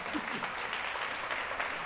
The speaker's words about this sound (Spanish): Bueno, un aplauso a eso, ¿eh?